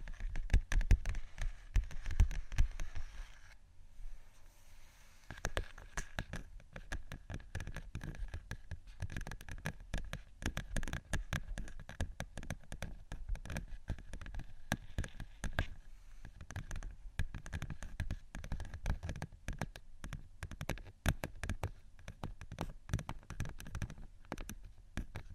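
Dense, rapid tapping and scratching on vinyl, with sharp clicks throughout, a brief quieter pause near four seconds, then steady busy texture.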